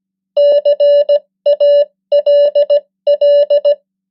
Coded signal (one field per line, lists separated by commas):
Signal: Morse code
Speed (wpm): 17 wpm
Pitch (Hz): 580 Hz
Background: none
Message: CALL